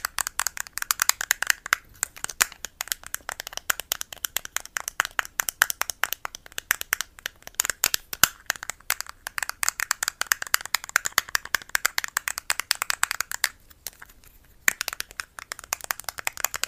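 ASMR tapping: a dense, rapid stream of sharp, crisp taps and clicks that runs the whole time, bright and thin with little low end. The pace stays quick but uneven, with brief thinner gaps around 13 and 15 seconds, and faint rattly scraping mixed in.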